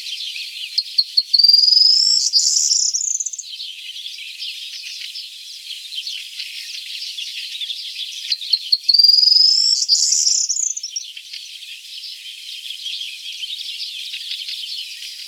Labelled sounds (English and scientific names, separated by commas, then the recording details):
Corn Bunting (Emberiza calandra) song
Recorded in the wild
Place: Ihringen bis Breisach am Kaiserstuhl, Baden-Württemberg, DE
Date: 1979-07-05
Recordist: Schwarz, Dieter
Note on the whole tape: Song